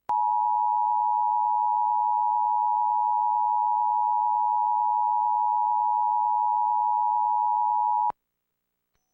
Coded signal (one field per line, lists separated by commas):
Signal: Emergency Alert System (SAME) tones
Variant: 853 and 960 Hz attention tone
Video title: EAS #1218-1220: 3 EAS Required Monthly Tests- Aug. 5, 2026- 12:11AM PDT